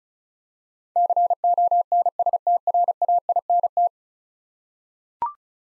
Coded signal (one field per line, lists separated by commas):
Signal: Morse code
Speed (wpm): 36 wpm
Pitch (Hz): 700 Hz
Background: none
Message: CONSTRAINT